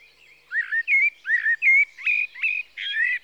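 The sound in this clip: Common blackbird song: a quick run of short, slurred, chattering notes at mid-high pitch, about seven bursts in three seconds, with nothing else clearly heard.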